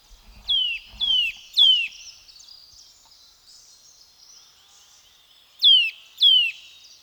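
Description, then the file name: Eurasian nuthatch uttering loud falling whistled notes, three in quick succession then two more after a pause. "Sitta europaea"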